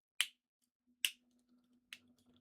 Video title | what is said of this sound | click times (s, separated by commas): One does not simply build their Gurren Lagann from Gurren Lagann | Oh, did you hear that click? | 0.2 s, 1.1 s, 1.9 s